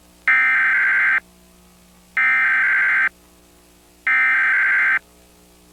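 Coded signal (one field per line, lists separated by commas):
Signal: Emergency Alert System (SAME) tones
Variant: header bursts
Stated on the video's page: Emergency alert system test broadcast on television in the New York City area.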